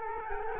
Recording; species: mosquito wingbeat signal from an infrared sensor; Culex quinquefasciatus